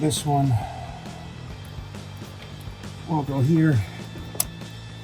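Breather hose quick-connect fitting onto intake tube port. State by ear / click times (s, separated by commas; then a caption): seated / 4.4 s. A plastic breather hose quick-connect fitting is pushed onto its port on the cold air intake tube of an S&B Cold Air Intake with an oiled, cleanable cotton filter on a 2019-2026 6.2L Sierra 1500. Someone talks, then a short, sharp click is heard at 4.4 s as the fitting seats.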